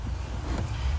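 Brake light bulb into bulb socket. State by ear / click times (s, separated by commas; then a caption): not seated / none. A replacement brake light bulb for a 2013–2017 Honda Accord is handled at its plastic bulb socket, ready to be pushed in until it clicks. Only a steady low rumble and wind-like noise is heard, with no sharp sounds. Nothing has seated or clicked yet.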